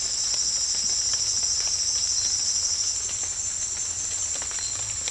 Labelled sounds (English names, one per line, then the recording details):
none
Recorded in secondary vegetation near Puerto Asís, Putumayo, Colombia, on 28 February 2025 at 18:00
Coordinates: 0.484, -76.319
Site G010